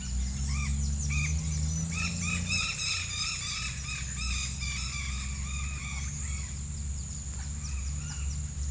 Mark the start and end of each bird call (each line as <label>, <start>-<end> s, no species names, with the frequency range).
bird call (1.0-7.5 kHz), 0.43-0.74 s
bird call (1.0-7.4 kHz), 1.10-1.41 s
bird call (0.6-8.2 kHz), 1.87-8.42 s